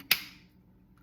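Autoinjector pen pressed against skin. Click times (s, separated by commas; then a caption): 0.1 s. An unlocked autoinjector pen is pressed against the skin and pushed, giving a single loud, sharp first click at 0.1 s as the injection starts. The click rings briefly, then fades into near silence.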